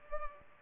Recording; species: mosquito wingbeat signal from an infrared sensor; Culex pipiens